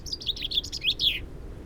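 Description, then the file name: Common chaffinch song: a rapid series of bright descending notes ending in a short flourish, lasting just over a second. "Fringilla coelebs"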